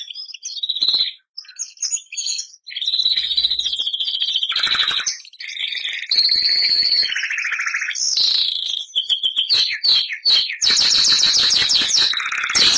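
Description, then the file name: Bernois canary singing, a varied run of high twittering notes and buzzy rolling trills with short pauses between phrases. Song of the Bernois canary breed. "canto do canario bernois"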